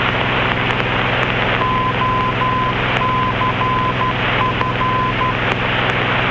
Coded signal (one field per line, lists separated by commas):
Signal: Morse code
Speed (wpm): 12 wpm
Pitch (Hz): 1020 Hz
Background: none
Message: OCF